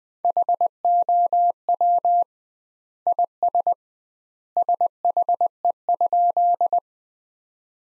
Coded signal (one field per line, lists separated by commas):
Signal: Morse code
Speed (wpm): 20 wpm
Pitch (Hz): 700 Hz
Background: none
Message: HOW IS SHE?